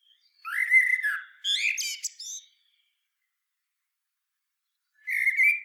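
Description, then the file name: Common blackbird singing two rich fluted warbles with a scratchy high tail, a silent pause of over two seconds, then another mellow phrase begins. "Turdus merula"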